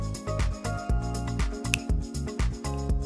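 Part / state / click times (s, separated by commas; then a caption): printed shoulder joint into figure chest / seated / 1.7 s. A 3D-printed PLA shoulder joint is pushed into the chest of a Deadpool Dummy 13 figure while music plays. A single sharp click is heard at 1.7 s as the shoulder seats in place.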